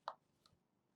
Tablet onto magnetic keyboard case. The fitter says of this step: and again you've just got a lovely little magnetic clip so that the iPad just comes right off and then snaps back into place when you need it